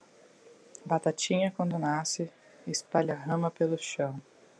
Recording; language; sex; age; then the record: short text; Brazilian Portuguese; female; 30 to 39 years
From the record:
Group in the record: control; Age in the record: 37 years